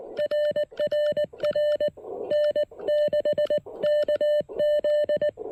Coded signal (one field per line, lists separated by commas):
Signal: Morse code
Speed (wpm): 19 wpm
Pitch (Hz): 590 Hz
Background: none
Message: RRR N6KZ